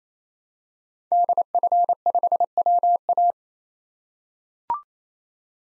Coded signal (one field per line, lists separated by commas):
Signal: Morse code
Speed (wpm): 27 wpm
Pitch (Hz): 700 Hz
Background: none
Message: DF5WA